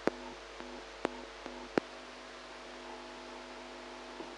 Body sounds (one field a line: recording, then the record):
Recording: brain microelectrode recording played as sound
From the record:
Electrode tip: outside the subthalamic nucleus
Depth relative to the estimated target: 3 mm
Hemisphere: right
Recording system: NeuroSet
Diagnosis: Parkinson's disease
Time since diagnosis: 8 years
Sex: female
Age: 45 years